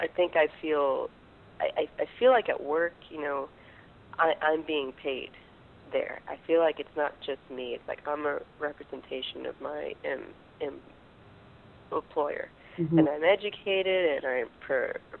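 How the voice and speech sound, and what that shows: An adult woman speaks with part-word repetitions, a prolonged sound and a long block before a word: stuttering, a fluency disorder. She blocks on phone calls, finds D sounds hard, and long hid her stuttering by substituting words, circumlocuting or not talking. She had childhood therapy on rate and pausing, later adult therapy, and now uses voluntary stuttering to stutter more lightly and less often.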